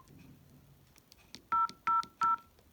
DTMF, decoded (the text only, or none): 000